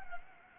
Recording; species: mosquito wingbeat signal from an infrared sensor; Anopheles gambiae